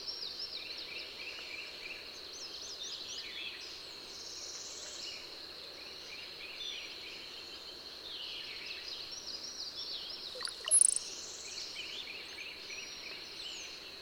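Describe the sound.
Bird song: faint high twitters and chirps under a continuous shrill insect hum, with one brief louder note near the end.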